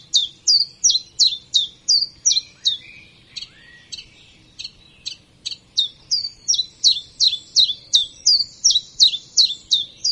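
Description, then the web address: Common chiffchaff delivering rapid, evenly spaced high notes that alternate up and down, dropping to softer notes from about three to five seconds before resuming loudly; soft lower chirps in the background. "chiffchaff"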